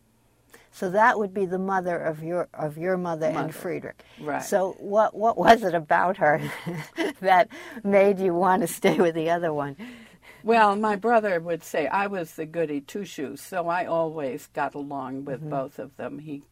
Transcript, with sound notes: So that would be the mother of your mother and Fredrich?
Mother, right.
So — what — what was it about her — (Laughs) — that made you want to stay with the other one?
Well, my brother would say I was the goody-two-shoes, so I always got along with both of them.